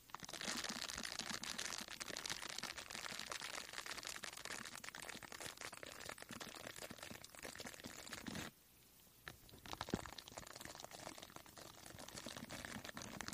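Scratching and brushing on a foam mic cover, a dense rasping texture full of quick crackly strokes that runs nearly nonstop. Around eight and a half seconds it drops off sharply and turns quieter and thinner, then the scraping gradually builds back up.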